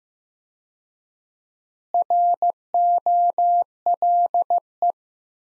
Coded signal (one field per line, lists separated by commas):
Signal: Morse code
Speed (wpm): 16 wpm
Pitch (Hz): 700 Hz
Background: none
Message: ROLE